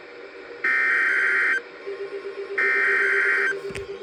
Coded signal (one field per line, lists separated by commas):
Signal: Emergency Alert System (SAME) tones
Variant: header bursts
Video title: EAS #3593-3599 PDS TORNADO WARNING FOR LAKE VILLAGE (3-10-26)